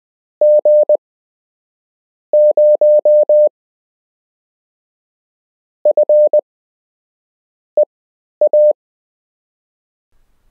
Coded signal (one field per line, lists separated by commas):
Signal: Morse code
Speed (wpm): 20 wpm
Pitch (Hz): 600 Hz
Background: none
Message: G0FEA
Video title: You can learn Morse code - Part 8